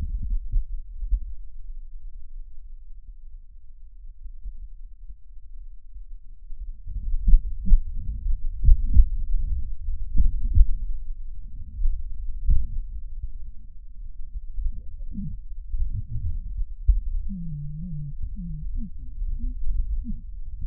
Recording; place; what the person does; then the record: lung sounds by stethoscope; right posterior basal chest; quiet breathing, then cough and speech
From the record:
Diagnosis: interstitial lung disease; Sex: male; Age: 82 years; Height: 158 cm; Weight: 49 kg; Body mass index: 19.6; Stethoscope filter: bell mode